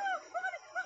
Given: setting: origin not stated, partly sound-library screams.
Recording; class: one-second piece from a danger detection set; woman in danger